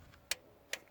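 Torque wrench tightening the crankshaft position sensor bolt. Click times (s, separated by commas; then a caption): 0.3 s. A torque wrench set to 15 tightens the crankshaft position sensor bolt on the engine of a Renault Mégane 1.6 16v, with the sensor being the cause of a breakdown. A sharp click at 0.3 s shows the wrench reaching its setting and the bolt is done. A second sharp click follows at 0.7 s, then a faint tick near the end.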